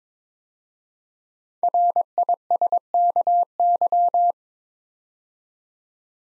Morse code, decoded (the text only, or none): RISKY